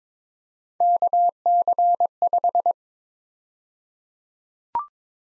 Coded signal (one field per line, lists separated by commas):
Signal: Morse code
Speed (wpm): 22 wpm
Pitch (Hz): 700 Hz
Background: none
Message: KC5